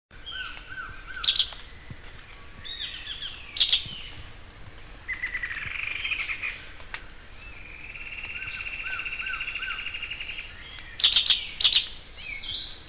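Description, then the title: Bird song of high sharp chirps, descending whistled notes and long buzzy trilled passages, bursts recurring every few seconds. "LuckyPassaro Completos2Sama"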